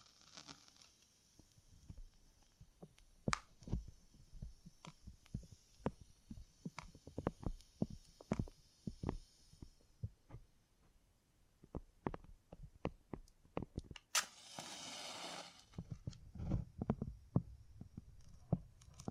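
Beeswax is handled in a steady run of soft, sharp taps and sticky clicks, with a brief hissy rustle near fifteen seconds.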